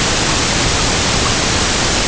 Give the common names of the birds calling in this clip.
none